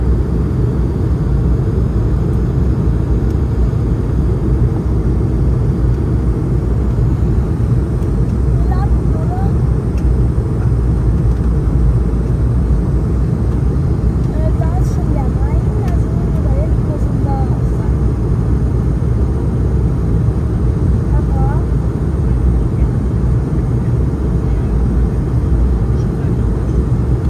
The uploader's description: full flights with all of it's sounds including passenger announcements, service and of course the engines